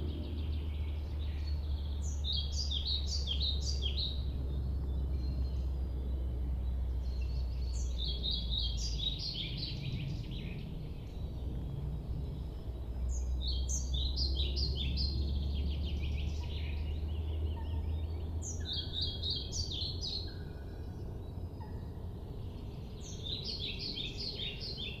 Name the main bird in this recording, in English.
European Pied Flycatcher